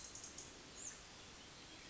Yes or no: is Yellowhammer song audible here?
no